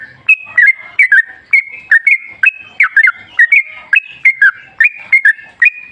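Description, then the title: Yellow-vented bulbul calling: crisp whistled chirps that swoop downward, repeated quickly in slightly irregular runs. Lively (gacor), rapid (ropel), wild-style (ngalas) trucuk song, used as a lure to make trucuk birds sing. "GACOR Ropel Ngalas Pancingan Trucukan Agar Bunyi Jadikan Burung Trucuk"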